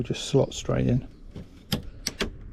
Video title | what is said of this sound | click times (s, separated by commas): Easy Mercedes W209 CLK Heated washer jet replacement | you can hear it click into place there | 1.7 s, 2.1 s